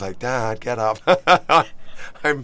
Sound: laughter

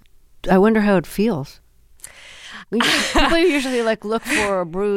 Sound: laughter

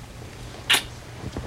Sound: soundbite of kissing

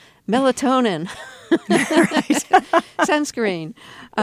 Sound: laughter

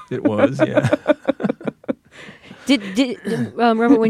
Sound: laughter

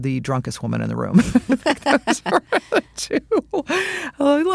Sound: laughter

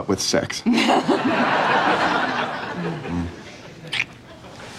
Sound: laughter

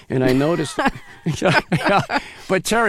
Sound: laughter

